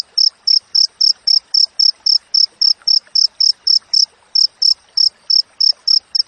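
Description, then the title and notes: Cricket calling in short bright pulses at a regular quick tempo, a brief gap near the middle. Wild crickets with clear, closely spaced chirps, used for training songbirds and to repel rats. "Masteran Jangkrik Alam Jernih, Jeda Rapat Cocok Untuk Masteran Burung Dan Mengusir Tikus. suara jangkrik"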